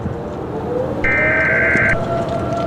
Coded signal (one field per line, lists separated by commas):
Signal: Emergency Alert System (SAME) tones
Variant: header bursts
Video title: Two | EAS Scenario #1